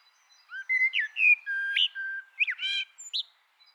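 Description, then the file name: Common blackbird song, a mellow fluted phrase of slurred whistles ending in a squeaky, twittering flourish. "Turdus merula"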